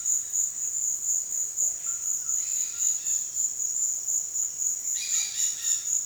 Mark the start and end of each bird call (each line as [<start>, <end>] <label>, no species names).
[2.13, 3.37] bird call
[4.89, 5.93] bird call